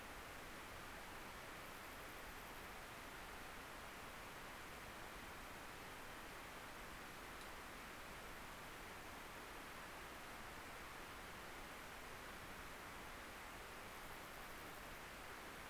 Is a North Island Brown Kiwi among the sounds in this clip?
no